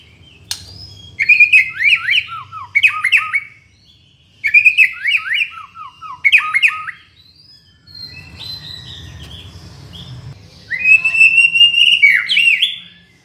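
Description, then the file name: White-rumped shama song: a run of rapid, rhythmic phrases of downslurred whistles repeated several times, then a pause and a final bright warbling burst over low hum. Borneo. "murai batu borneo"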